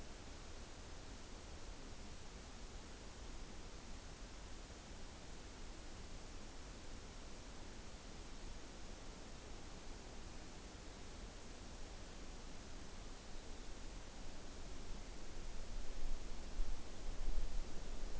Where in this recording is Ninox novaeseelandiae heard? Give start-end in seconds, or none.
none